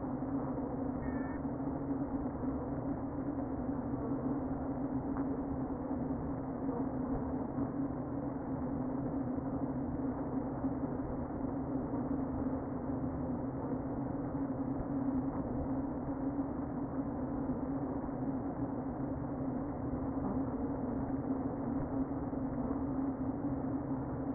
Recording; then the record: honeybee colony, microphone inside the hive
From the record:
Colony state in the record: queen present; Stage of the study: before two queens were removed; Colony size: about 60,000 bees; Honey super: yes